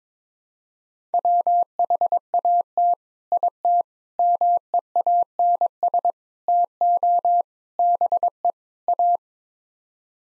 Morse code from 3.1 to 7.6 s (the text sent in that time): IT MEANS TO